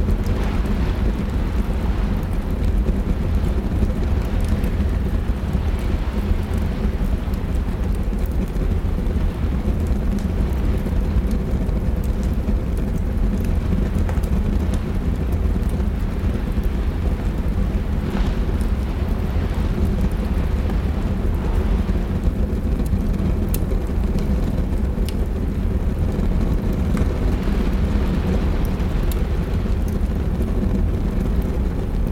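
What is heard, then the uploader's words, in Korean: Steady, dense rain drums against a window over a deep, constant rumble, with faint scattered crackles and ticks from a fireplace throughout. 폭풍 속 아늑한 다락방 | 벽난로 타닥거림과 비 내리는 소리. 벽난로의 타닥거리는 소리가 방안을 따스하게 비추며, 창밖으로는 비가 창문을 세차게 때리는 소리가 들립니다.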